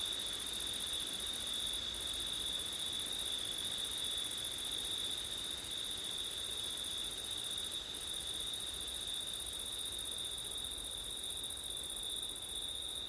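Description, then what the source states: Cricket: an even, nonstop high trilling from crickets, with a thin higher tone above and a constant hiss of wind. September night, with wind.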